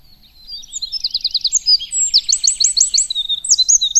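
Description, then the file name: Eurasian wren singing a fast, high-pitched run of ringing trills and chattering notes, each phrase tumbling quickly into the next, rising from a quiet start. "Troglodytes troglodytes"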